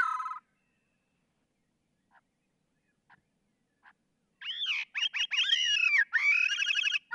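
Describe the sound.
Gray-cheeked thrush song: a short call, then a few faint ticks over near silence, then a burst of rapid nasal, rolling phrases rising and dropping in the last seconds.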